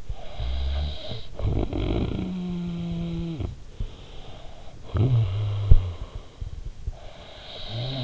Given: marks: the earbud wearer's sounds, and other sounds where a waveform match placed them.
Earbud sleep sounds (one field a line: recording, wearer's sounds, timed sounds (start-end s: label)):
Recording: sounds in sleep by an in-ear microphone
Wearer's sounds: snoring breath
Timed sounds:
0.00-6.73 s: snoring breath
6.99-8.04 s: snoring breath